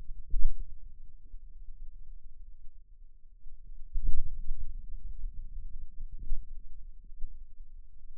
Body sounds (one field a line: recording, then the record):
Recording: forearm muscle sounds (acoustic myography)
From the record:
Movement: pen grasping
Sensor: system 2, bracelet of six BSWA MPA416 microphones around the upper forearm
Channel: 1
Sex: male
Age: 22 years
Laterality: right